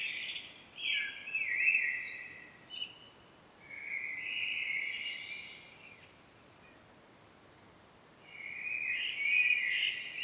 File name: Turdus merula